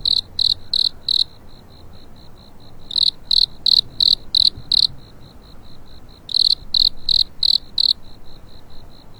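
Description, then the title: Cricket chirping in bursts of several rapid pulses, separated by pauses filled with softer, steady ticking; faint low background. Night in spring; crickets awakening. "春夜里苏醒的蟋蟀"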